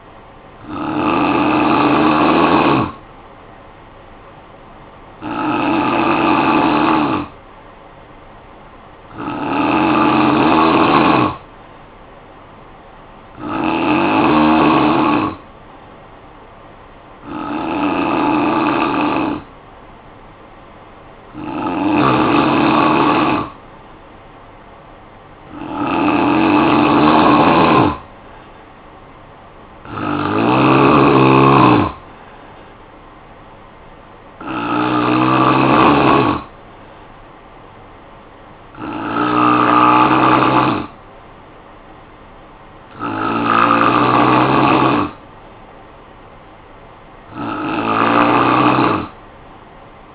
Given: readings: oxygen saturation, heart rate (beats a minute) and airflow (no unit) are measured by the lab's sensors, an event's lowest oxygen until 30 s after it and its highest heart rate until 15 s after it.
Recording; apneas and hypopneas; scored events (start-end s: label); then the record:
breathing in sleep by a voice recorder at the bedside; none
none scored
From the record:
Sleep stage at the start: N3 (deep sleep); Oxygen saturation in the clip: 89 to 93%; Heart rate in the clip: 54 to 61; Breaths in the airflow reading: 12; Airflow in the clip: -12.2 to 6.5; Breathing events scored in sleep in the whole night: 445 in 7.6 hours asleep